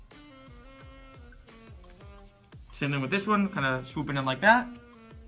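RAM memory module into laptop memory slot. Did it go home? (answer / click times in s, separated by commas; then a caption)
no / none. A second SO-DIMM RAM memory module is angled into the memory slot of a 2012 MacBook Pro laptop while background music plays throughout and someone talks. Faint handling sounds are heard, but nothing has seated or clicked yet; the module is not yet home in the slot.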